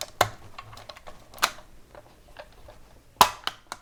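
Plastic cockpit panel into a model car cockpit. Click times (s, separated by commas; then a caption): 3.2 s. A plastic cockpit panel with a center pin and side notches is pushed into the side slots of the cockpit of a DeAgostini Lotus F1 model car, with a few light plastic ticks and taps beforehand at about 0.2 s and 1.4 s. At 3.2 s it gives a sharp, loud pop as it seats, followed by smaller clicks at 3.5 s and 3.7 s. The panel sits in place, perfect and solid.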